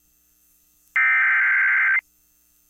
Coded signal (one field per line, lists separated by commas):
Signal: Emergency Alert System (SAME) tones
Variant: header bursts